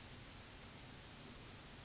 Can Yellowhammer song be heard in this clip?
no